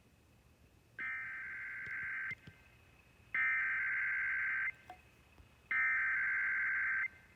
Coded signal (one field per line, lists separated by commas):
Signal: Emergency Alert System (SAME) tones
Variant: header bursts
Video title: [EAS #185-187] NYC Required Monthly Tests (Read Description)